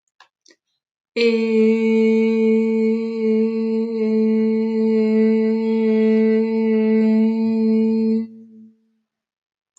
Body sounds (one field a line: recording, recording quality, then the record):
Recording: sustained vowel as in made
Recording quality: excellent, no background noise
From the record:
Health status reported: COVID-19 positive, no symptoms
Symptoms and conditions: loss of smell and taste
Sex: female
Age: 33 years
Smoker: not ticked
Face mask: not worn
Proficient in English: yes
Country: India